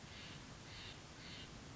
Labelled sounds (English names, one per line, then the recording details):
Steller's Jay
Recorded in Sonoma County, California